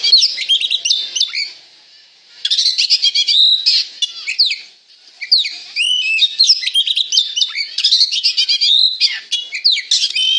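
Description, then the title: Oriental magpie-robin singing a rich, varied string of whistles, trills and scratchy notes in long phrases broken by short pauses. Singing vigorously (gacor). "Kacer Gacor"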